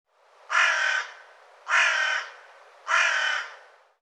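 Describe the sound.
Bird calls: three harsh, hoarse caws, each about half a second long, spaced roughly every one and a quarter seconds, in an otherwise silent background.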